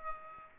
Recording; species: mosquito wingbeat signal from an infrared sensor; Aedes aegypti